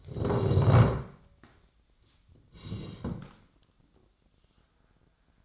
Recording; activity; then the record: daily activity, microphone in the room; sit down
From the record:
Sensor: 3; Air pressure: 1012.2 hPa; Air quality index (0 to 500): 168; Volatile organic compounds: 2 ppm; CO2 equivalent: 1293 ppm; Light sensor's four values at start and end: 132/272/141/163 and 100/214/107/116